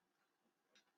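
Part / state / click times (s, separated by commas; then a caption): fold-down plastic part on a transforming robot toy / not seated / none. A fold-down plastic part on a Transformers Kingdom Beast Wars Megatron robot toy is handled while the legs are moved out of the way. There are quiet plastic handling rustles with a brief brighter scrape around 0.8 s. Nothing has seated or clicked into place yet.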